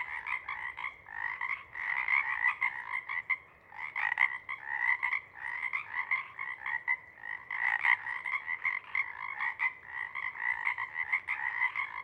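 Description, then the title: Pacific chorus frogs in a continuous full chorus, many overlapping croaks rising and falling in waves. Pond chorus in pre-morning twilight as late night wanes; temperature torpor sets in and individuals leave to hunt; chorus breaks into successive waves circling the pond, then long staccato sections tapering away. "Chorus Frogs, Chorus Waxes and Wanes, pre-morning-twilight"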